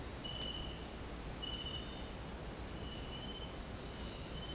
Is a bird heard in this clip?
no